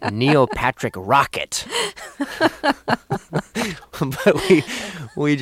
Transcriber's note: soundbite of laughter